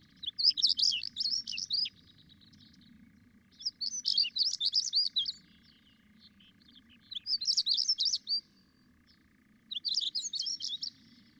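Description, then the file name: European stonechat singing four brief bursts of scratchy, chattering high notes, spaced roughly three seconds apart, with a soft low background hum. "Saxicola rubicola song"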